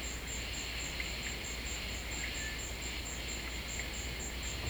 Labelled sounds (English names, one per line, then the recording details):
none
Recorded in secondary vegetation near Puerto Asís, Putumayo, Colombia, on 13 March 2025 at 16:30
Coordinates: 0.498, -76.327
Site G001